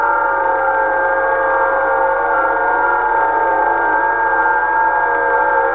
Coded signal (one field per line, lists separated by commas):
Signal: FT8